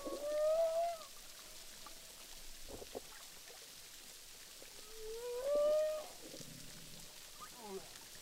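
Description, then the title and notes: Humpback whale song, two short rising tonal moans several seconds apart with fainter chirps and sweeps between them over steady underwater hiss. Humpback whales recorded underwater with a DPA hydrophone at Boucan Canot, Réunion Island, during a film shoot. "humpback whales, boucan canot, ile de la reunion. enregistré avec un hydrophone DPA lors du tournage SIGNATURE"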